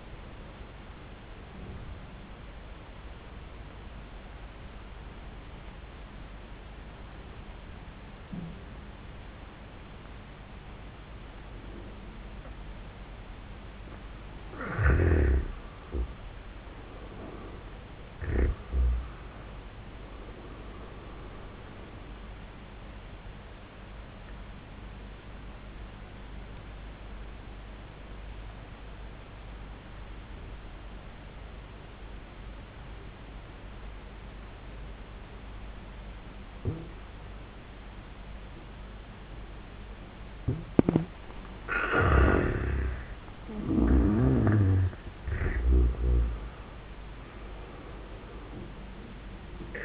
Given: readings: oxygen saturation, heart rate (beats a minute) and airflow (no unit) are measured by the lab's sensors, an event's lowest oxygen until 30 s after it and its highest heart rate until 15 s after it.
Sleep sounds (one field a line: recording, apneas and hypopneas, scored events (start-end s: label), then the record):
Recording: breathing in sleep by a voice recorder at the bedside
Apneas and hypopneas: 2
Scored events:
5.00-16.10 s: obstructive apnea (N1, oxygen 82% highest, then 82% lowest)
27.00-41.30 s: obstructive apnea (N1, oxygen 96% highest, then 79% lowest)
From the record:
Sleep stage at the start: N1 (lightest sleep)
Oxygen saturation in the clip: 77 to 96%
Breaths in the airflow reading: 5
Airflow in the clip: -19.0 to 19.5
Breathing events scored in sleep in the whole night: 400 in 8.7 hours asleep